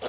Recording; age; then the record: pig call; piglet (1 to 25 days)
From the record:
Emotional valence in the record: positive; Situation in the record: huddling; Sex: female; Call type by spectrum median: low-frequency call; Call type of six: low-frequency tonal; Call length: 0.09 s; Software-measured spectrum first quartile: 548 Hz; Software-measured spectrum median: 1278 Hz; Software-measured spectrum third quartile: 4118 Hz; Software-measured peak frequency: 492 Hz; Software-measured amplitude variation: 91 dB a second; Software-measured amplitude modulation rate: 5.4 a second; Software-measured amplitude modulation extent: 17.0 dB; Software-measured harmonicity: 0.7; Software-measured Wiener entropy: -1.60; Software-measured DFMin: 957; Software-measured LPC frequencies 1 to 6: 561, 1265, 3335, 3942, 5228, 7377 Hz